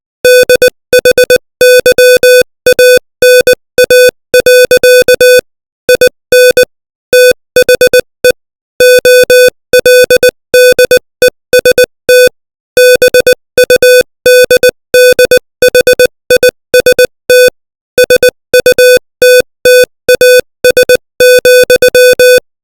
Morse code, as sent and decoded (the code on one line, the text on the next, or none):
-.. .... -.-- .- -. .- .-.-.- / .. -. / - .... . / --- .-.. -.. . ... - / -... ..- -.. -.. .... .. ... - / ... ..- - - .- ... --..--
DHYANA. IN THE OLDEST BUDDHIST SUTTAS,